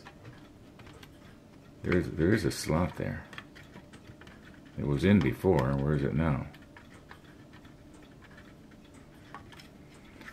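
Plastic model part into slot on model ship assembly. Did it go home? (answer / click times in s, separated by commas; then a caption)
no / none. A plastic model part is moved around and lined up with a slot on a model ship assembly while someone talks, searching for the slot. Faint, sparse ticks and light taps from the handling come through between the speech. Nothing has seated or clicked into place yet.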